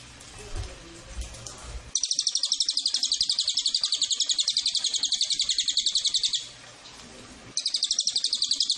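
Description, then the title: Cililin's piercing rapid trill of evenly spaced notes, starting after a quiet opening, pausing briefly, then resuming. Tutor track for training cage birds and lure to attract Cililin. "MASTERAN SUARA BURUNG CILILIN PANCINGAN CILILIN"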